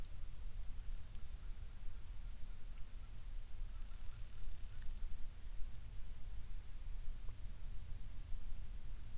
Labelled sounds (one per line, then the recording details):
waterfowl
rain
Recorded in the Prudhoe Bay oil fields, Alaska, on 12 May 2019 at 19:42
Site 21